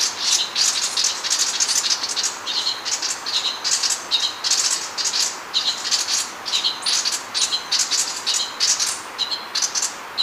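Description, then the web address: Sepia-brown wren chatter: continuous harsh notes in a busy, grating stream. Recorded in Ecuador. "Natures Songs S America Birds of Ecuador Sepia-brown Wren"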